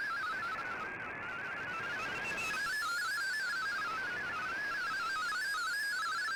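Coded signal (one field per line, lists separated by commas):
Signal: multi-tone FSK (Olivia or MFSK type)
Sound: rapid warbling single tone hopping between close pitches, continuous over hiss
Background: radio static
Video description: Here is my decode of the Shortwave Radiogram broadcast today on 15770Khz shortwave radio at 1300UTC in MFSK32 and 64 with 10 SSTV images.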